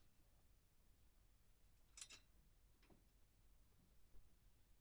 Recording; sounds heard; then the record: poultry house recording; no chicken sound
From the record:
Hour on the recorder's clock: 0